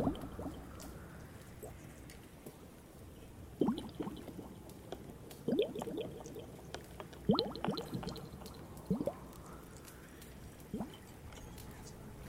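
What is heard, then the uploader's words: Icy globes and a glass beaker with water produce short bursts of clinking and sloshing, arriving roughly every two seconds near 3.5, 5.5, 7.3, 9 and 10.8 seconds. Bright, glassy ticks sit above these bursts, with a steady low rumble beneath throughout. Icy Globes and Glass Beaker Water Sounds ASMR. With Tapping.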